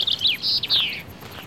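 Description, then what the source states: Common chaffinch song: a short burst of bright notes, several falling in pitch, over faint background noise. Singing by a canal.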